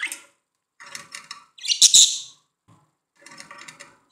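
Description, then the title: Budgerigar chirps: short bursts of scratchy warbling notes, with one loud harsh squawk near the middle, separated by brief silences. "Budgie Sounds"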